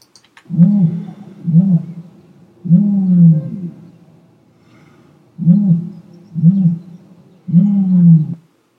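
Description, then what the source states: Common Ostrich booming: six deep, low rumbling booms in two groups of three, each under a second long, separated by short silences with a longer pause between the groups. Booming calls of an adult ostrich about seven feet tall, kept on a farm.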